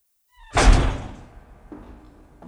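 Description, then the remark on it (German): A lock is worked and a back door swings open: a short metallic squeak, then a loud heavy clunk that rings out, followed by two softer knocks. No one speaks. “Das Schloss dürfte kein Problem sein.”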